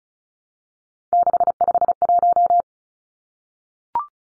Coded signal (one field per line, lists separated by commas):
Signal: Morse code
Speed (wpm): 34 wpm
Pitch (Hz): 700 Hz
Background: none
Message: 651